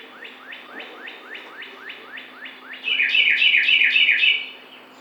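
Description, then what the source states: Carolina wren song: a loud, rapid run of bright rolling phrases near the end, preceded by a fainter series of evenly spaced descending notes. Recorded 12 June 2009.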